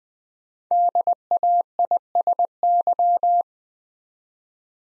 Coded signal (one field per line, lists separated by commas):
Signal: Morse code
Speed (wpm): 20 wpm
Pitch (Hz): 700 Hz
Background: none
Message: DAISY